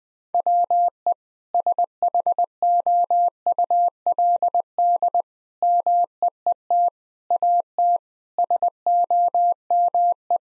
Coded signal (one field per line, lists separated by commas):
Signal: Morse code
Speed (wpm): 21 wpm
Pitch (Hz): 700 Hz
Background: none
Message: WE SHOULD MEET AT SOME